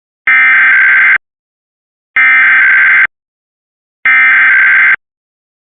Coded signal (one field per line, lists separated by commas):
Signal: Emergency Alert System (SAME) tones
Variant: header bursts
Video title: Week of 2026-04-19 EAS Capture 793-799 RMT RWT